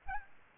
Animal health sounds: mosquito wingbeat signal from an infrared sensor; Aedes albopictus

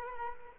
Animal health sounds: mosquito wingbeat signal from an infrared sensor; Culex quinquefasciatus

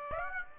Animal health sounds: mosquito wingbeat signal from an infrared sensor; Aedes aegypti

